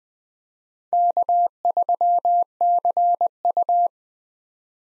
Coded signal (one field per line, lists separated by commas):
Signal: Morse code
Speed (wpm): 20 wpm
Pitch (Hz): 700 Hz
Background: none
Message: K3CU